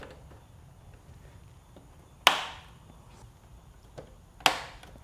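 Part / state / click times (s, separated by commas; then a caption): plastic push pin rivets into motorcycle body panel / seated / 2.3 s, 4.5 s. The remaining plastic push pin rivets are pressed into the inner body panel of a Tenere 700 motorcycle during a Garmin Zumo XT install. Over quiet background, each pin gives a sharp, bright snap at 2.3 s and 4.5 s. Both pins seat properly.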